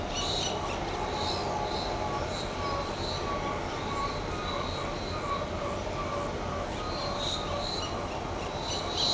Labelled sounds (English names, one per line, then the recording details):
Great Kiskadee
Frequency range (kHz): Great Kiskadee 2.0-9.0 kHz
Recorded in shrubland near Pivijay, Magdalena, Colombia, on 17 April 2023 at 15:00
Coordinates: 10.453, -74.365
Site P5-G022